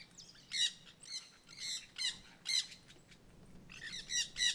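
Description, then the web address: Jandaya parakeet screeching in harsh, grating bursts, several squawks in quick clusters with short pauses between them. Singing in the forest at Terra Ronca. "Jandaia verdadeira cantando na mata. terra ronca"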